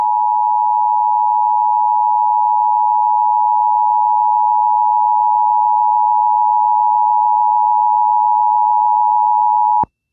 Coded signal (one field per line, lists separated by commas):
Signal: Emergency Alert System (SAME) tones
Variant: 853 and 960 Hz attention tone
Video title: US Emergency Alert Systems 2026 (part 9)